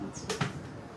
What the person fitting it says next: ये लॉक हो गया बराबर